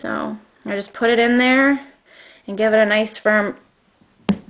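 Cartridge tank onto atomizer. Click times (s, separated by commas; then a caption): 4.3 s. Someone talks while a cartridge tank for an eGo-T starter kit is lined up to avoid leaking and pressed firmly onto its atomizer. A sharp click sounds at 4.3 s as the tank seats, sitting flush on the atomizer with no gap.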